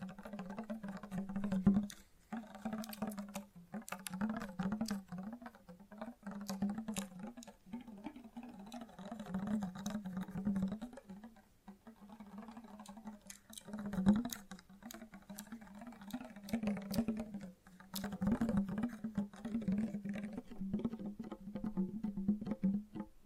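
Fast, gentle tapping runs almost without pause, a dense patter of light clicks and taps with brief lulls near 2, 11 and 17 seconds. A steady low hum sits underneath throughout, and a few sharper, brighter taps stand out around 2 and 14 seconds.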